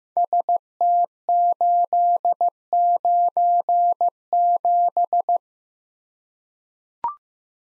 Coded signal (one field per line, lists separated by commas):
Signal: Morse code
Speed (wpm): 15 wpm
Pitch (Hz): 700 Hz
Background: none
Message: ST897